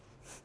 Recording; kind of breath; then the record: one breath in and out by a microphone near the nose and mouth; strong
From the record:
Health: marked as sick, illness not named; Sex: female